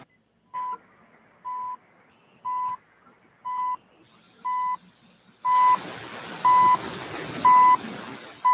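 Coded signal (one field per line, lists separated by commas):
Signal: radio time signal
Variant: CHU Canada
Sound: nine short 1 kHz beeps, one each second, with rising shortwave hiss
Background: radio static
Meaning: Each tone pulse marks one second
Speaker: pretty good on thirty three thirty so that's the chu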